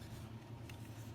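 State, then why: Seated. A small plastic suspension bogie part, with its spring facing forward, is cemented and pressed onto the hull of a 1/35 scale Academy M3 Stuart Honey model tank. It snaps into place with a short, sharp click at 0.7 s over a steady low hum, and the part is seated.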